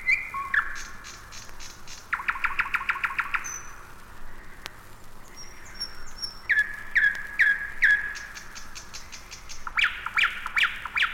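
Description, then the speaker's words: Nightingale song in separate phrases split by short pauses, each a fast series of loud repeated notes, with some high whistles in between. Nightingale singing at night on the bank of the Moskva River near Zvenigorod; song built of phrases from repeated motifs, each opening after a pause. "Послушайте ночное пение соловья на берегу Москвы-реки, недалеко от Звенигорода."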